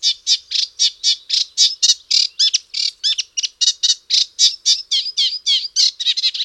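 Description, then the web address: Reed warbler song: steady chattering stream of scratchy, grating notes, about four per second, with repeated note types and occasional whistled slurs. "Rorsanger"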